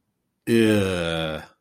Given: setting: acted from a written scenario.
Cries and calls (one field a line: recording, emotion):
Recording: vocal sound without words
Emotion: disgust